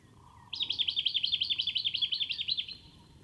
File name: Microeca Fascinans